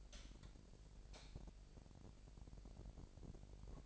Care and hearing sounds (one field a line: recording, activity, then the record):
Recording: daily activity, microphone in the room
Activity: light on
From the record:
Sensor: 5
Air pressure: 1012.0 hPa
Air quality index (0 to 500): 249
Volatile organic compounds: 4 ppm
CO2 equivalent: 1670 ppm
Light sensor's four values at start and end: 39/90/37/40 and 40/94/39/41